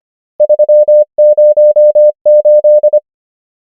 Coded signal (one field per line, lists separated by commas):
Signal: Morse code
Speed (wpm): 25 wpm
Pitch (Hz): 600 Hz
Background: none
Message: 3 0 8